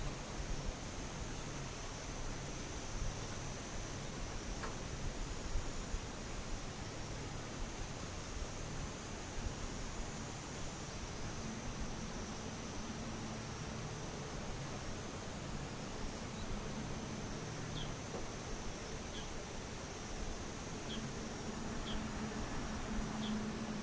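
Daytime insects hold a steady high-pitched drone over a dense, even hiss and low hum, with a few faint chirps near the end.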